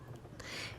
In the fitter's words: you're going to hear this clicking sound right now